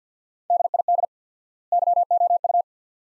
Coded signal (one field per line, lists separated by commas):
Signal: Morse code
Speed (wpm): 50 wpm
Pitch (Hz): 700 Hz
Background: none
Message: DID YOU